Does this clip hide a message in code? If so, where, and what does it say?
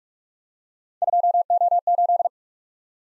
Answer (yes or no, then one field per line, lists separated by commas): yes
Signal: Morse code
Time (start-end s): 1.0-2.3 s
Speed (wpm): 44 wpm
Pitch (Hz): 700 Hz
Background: none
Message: 2O8